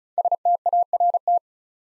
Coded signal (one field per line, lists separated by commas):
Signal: Morse code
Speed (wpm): 35 wpm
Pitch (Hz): 700 Hz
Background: none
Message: START